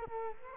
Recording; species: mosquito wingbeat signal from an infrared sensor; Culex quinquefasciatus